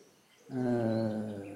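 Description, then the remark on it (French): A mindfulness bell is struck once during a spoken mindfulness teaching, after a brief quiet moment, then rings on with a rich, steady, shimmering tone of layered overtones that slowly fades. No one speaks. “On entend la cloche qui sonne.”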